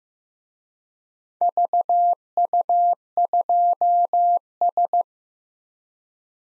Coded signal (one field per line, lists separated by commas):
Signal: Morse code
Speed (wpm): 18 wpm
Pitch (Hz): 700 Hz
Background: none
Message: VU2S